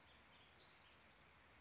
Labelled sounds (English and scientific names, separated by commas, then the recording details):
Oak Titmouse (Baeolophus inornatus)
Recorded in Sonoma County, California